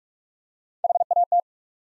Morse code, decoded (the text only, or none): H A T